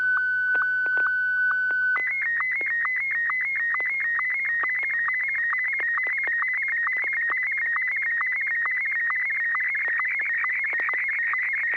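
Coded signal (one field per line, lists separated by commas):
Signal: SSTV (slow-scan television)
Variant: Martin 1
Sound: steady whistle tone, then a warbling high tone with rapid regular ticks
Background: low electrical hum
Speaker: So, Joel, AI6 Delta Golf, do you have a picture ready for us? Yes, I do. Here it is, Martin 1.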